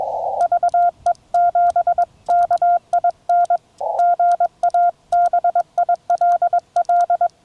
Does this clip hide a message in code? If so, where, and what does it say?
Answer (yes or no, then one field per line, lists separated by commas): yes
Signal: Morse code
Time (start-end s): 0.4-7.3 s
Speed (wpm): 21 wpm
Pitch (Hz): 690 Hz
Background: none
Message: VE7KIN GA BILL